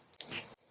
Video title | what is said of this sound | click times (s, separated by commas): AFFORDABLE SKINCARE // Over 30 - also Skin + Me Rant (I'm persevering) #BUDGETBEAUTYMONTH | you twist this until it clicks | 0.2 s